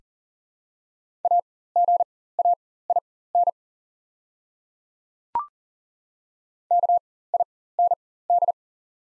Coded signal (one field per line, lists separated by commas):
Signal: Morse code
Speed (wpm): 40 wpm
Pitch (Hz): 700 Hz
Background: none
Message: AGAIN KIND